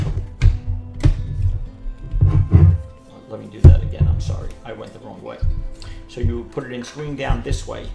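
A Pixel 7 Pro in its rugged plastic Unicorn Beetle Pro case is handled screen-down toward its swivel belt-clip holster while someone talks over background music. Short handling knocks are heard at about 0.4 s and 1.0 s. The phone has not yet snapped into the holster, and nothing has seated by the end.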